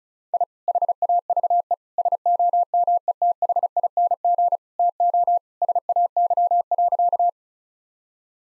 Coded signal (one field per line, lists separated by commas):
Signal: Morse code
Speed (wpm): 36 wpm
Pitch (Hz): 700 Hz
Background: none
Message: I HAVE SOMETHING TO SAY.